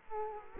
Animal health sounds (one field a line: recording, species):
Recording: mosquito wingbeat signal from an infrared sensor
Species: Culex quinquefasciatus